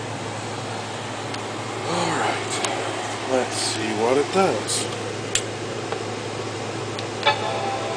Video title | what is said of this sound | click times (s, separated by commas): Restoring a Macintosh LC475 part 2 | place it down until it clicks into place secure | 2.7 s